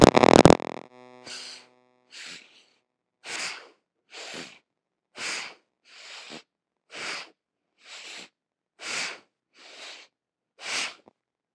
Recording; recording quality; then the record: deep breathing; excellent, no background noise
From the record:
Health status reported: healthy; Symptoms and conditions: none ticked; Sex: male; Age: 33 years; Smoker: not ticked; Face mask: not worn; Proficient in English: yes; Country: India